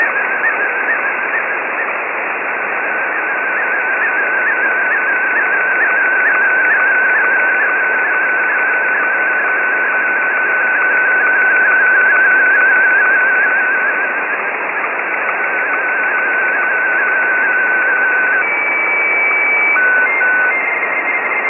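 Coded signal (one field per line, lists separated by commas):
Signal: SSTV (slow-scan television)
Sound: mostly steady whistling tone with regular small warbles under loud hiss, then higher tone bursts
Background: heavy band-limited noise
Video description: This video shows my example app and MMSSTV decoding a distorted SSTV signal (generated with SSTV tools from Afreet).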